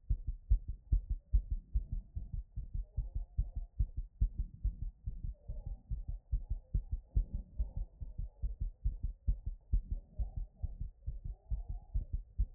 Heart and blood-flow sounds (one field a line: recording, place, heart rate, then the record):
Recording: heart sounds by stethoscope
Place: Erb's point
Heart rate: 122 bpm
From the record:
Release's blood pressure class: hypertension stage 2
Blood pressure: 126/102 mmHg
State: after exercise